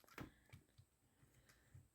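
Two plastic inner shin halves of a Transformers Studio Series Bumblebee movie Optimus Prime action figure are pressed together by their tabs and slots after a stubborn attempt, and the shin panel clicks into place at 0.2 s. A smaller tick follows at 0.5 s, with faint taps later in the clip. The panel is confirmed seated.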